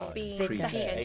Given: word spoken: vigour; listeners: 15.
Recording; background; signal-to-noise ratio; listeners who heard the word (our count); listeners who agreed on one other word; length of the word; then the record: one English word in noise, from a listening test; four-talker babble; -2.8 dB; 0 of 15; 7 of 15; 0.65 s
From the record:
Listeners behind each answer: 7, 3, 1, 1, 1, 1, 1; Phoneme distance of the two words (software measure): 34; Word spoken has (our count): 2 syllables, 4 phonemes, stress on syllable 1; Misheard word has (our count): 2 syllables, 4 phonemes, stress on syllable 1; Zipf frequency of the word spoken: 3.14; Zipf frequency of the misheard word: 5.90